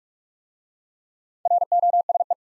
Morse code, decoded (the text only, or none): ROSE